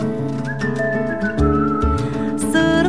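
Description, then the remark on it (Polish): A whistled melody of clear, sustained high notes glides over a full instrumental backing with steady bass and chords, rising to a brief sharper, higher note near the end. “nucę, gwiżdżę sobie.”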